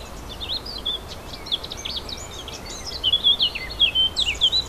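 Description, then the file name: Warbler song, hurried high scratchy notes at first, then a louder burst of whistled, slurred phrases in the final seconds, over steady background noise. Recorded 4 May 2011 on a portable MiniDisc recorder. "fauvettes 4 05 11"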